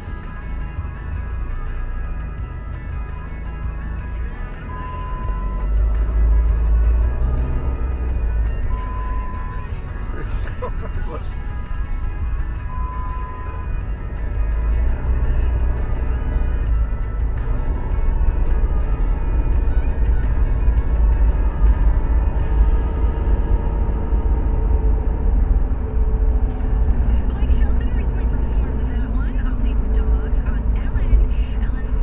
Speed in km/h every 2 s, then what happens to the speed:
3, 3, 11, 19, 21, 19, 18, 24, 29, 35, 40, 47, 52, 52, 53, 52.
2-7 speeds up to 21. 7-13 steady at about 19. 13-24 speeds up to 52. 24-32 steady at about 52.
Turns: none.